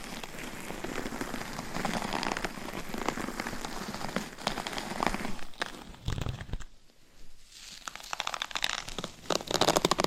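Dense scratching and crinkling on mic covers fills the first six seconds, dips to near silence around seven, then returns in sharp, crackly bursts.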